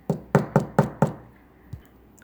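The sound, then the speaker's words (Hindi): Five sharp, evenly spaced knocks on a door in quick succession, followed by a single softer tap after a short pause; knocking again on the pig's house door in a Hindi children's audio story. “फिर से खटखटाओ, खरगोश ने कहा।”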